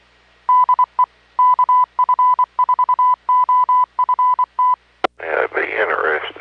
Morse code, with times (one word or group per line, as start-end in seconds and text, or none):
0.5-1.0 DE
1.4-4.7 KF4OFT